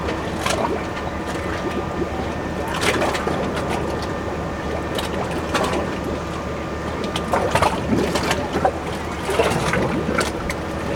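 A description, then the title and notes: Small waves lap against a dock in a steady wash of water. Sharper slaps and splashes break through every second or two, clustered near 0.5, 3, 5, 7.5 and 9.5 seconds, over a low continuous hum and faint tonal whine in the background. Small Pleasant Waves at the Dock.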